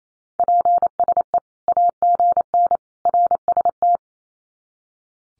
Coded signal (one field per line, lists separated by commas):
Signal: Morse code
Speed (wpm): 28 wpm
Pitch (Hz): 700 Hz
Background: none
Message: PSE AGN RST